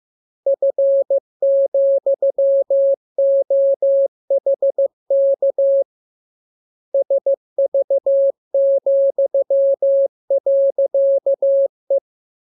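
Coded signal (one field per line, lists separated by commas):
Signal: Morse code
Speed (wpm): 15 wpm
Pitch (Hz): 550 Hz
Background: none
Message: F,OHK SV,.E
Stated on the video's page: Morse receiving lesson 31: practice radiogram opening with VVV and a section sign and ending with AR.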